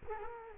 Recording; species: mosquito wingbeat signal from an infrared sensor; Culex quinquefasciatus